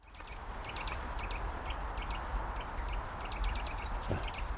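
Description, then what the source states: Eurasian nuthatch calls: short, sharp high chirps repeated irregularly throughout, over a steady low rumble. Perhaps two nuthatches in an alder tree by a little stream, chatting to each other while moving up and down the trunk and onto branch edges foraging; Leckhampton Hill, Cotswold Hills, Britain.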